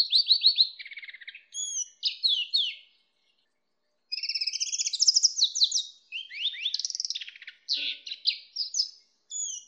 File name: hibrid greenfinch kenari omkicau